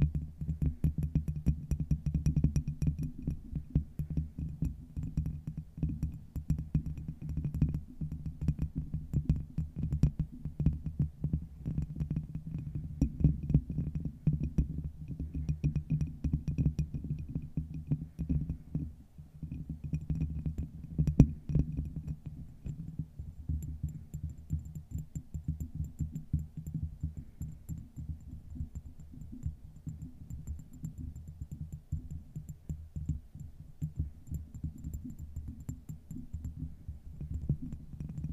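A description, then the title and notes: Glass is tapped close to the microphone in quick, irregular clicks that run through the whole recording, over a steady low rumbling hum. Faint thin ringing tones sit high above. The tapping stays dense throughout, easing slightly in level during the second half. (no talking). Glass Tapping.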